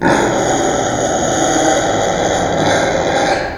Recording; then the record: squeal of a Yucatan mini pig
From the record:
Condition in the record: before surgery on the right vocal fold (resection and tissue-engineered implant); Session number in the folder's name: 1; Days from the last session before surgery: -21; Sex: female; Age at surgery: 19 weeks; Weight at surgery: 25 kg